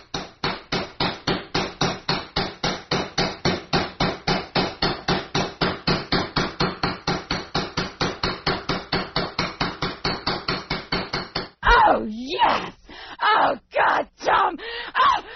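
A fast, steady run of sharp hammer blows, dozens in a row at an even rhythm, stops abruptly and gives way to loud, wavering groans and moans.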